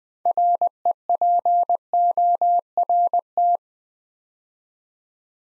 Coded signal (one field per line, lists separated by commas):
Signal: Morse code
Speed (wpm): 20 wpm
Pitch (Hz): 700 Hz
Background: none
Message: REPORT